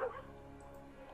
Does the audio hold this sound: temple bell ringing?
no